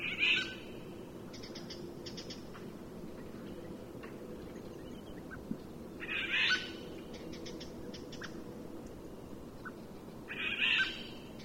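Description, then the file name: Eurasian jay calls three times with hoarse, tearing screeches, several seconds apart. "Garrulus glandarius"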